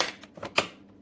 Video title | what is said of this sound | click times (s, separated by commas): Review SiFENE Coffee Machine 3 in 1 Single Serve Coffee Maker Personal Brewer for K-Pod Capsule Loos | shut it till it snaps. | 0.6 s